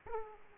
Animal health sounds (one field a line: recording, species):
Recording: mosquito wingbeat signal from an infrared sensor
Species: Aedes aegypti